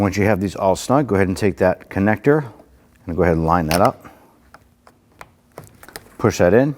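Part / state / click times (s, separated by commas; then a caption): side mirror wiring connector into door harness / not seated / none. Someone talks while the side mirror wiring connector of a 2010-2019 Ford Taurus is picked up and lined up with its mating socket in the door harness inside the door, with only light handling ticks between about 4.5 and 6.0 s. The connector has not been pushed in or seated yet, and no click is heard.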